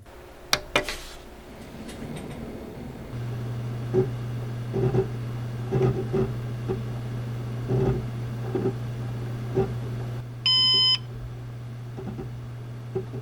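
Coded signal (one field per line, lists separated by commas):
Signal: beep code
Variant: Synology NAS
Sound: low machine hum with rhythmic drive clicks, then one long bright beep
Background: fan and hard drive noise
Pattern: 1 long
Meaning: Boot is complete and the NAS is ready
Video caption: 준비 완료시 삐~비프음(비프음 off 가능) 1분10초 부팅 완료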